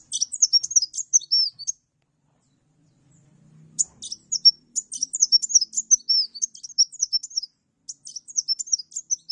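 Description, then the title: Songbird song in high, quick twittered bursts separated by a brief gap, with a faint low hum. "Burung Campur"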